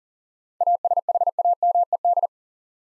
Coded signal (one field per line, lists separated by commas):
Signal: Morse code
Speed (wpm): 40 wpm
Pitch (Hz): 700 Hz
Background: none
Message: ASHAMED